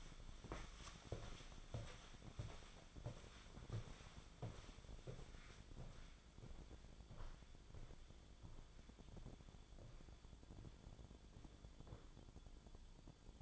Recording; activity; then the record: daily activity, microphone in the room; walk to room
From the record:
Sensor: 5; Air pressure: 1010.2 hPa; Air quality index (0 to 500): 138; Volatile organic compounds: 3 ppm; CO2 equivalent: 1353 ppm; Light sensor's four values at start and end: 289/668/297/338 and 285/707/298/327